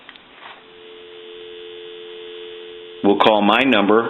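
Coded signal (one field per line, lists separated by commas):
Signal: telephone call progress tone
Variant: North America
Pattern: dial tone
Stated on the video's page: DTMF from a repaired original-model Mickey Mouse telephone during final checkout.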